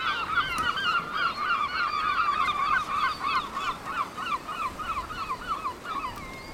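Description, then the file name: Seabirds calling in a dense chorus, many overlapping harsh arched calls repeated rapidly without pause, over a steady background hiss. Seabirds at Cap Fréhel. "oiseaux marins au cap frehel"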